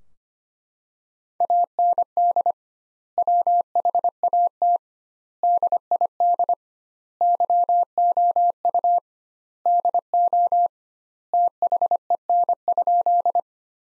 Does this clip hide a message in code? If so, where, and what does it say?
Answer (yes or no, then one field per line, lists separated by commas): yes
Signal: Morse code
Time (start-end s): 1.4-13.4 s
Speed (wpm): 25 wpm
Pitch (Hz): 700 Hz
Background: none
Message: AND WHAT DID YOU DO THEN?